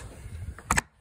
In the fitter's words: you'll hear it snap you don't push too hard because this piece back here could break see here on this back side